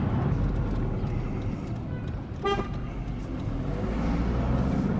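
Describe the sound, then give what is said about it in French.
A car drives through Hebron with a steady, loud low rumble of engine and road noise, broken midway by one short, bright horn toot. “On va se garer à l'entrée de la vieille ville.”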